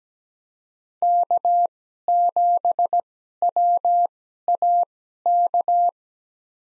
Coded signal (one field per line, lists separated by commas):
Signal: Morse code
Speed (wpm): 17 wpm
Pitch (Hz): 700 Hz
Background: none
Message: K7WAK